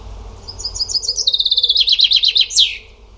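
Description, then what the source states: Bird song: a loud, fast series of high repeated notes that steps down into a rattling trill and closes with a high sweeping note. Only bird sounds in the recording.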